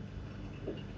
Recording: background sound without coughing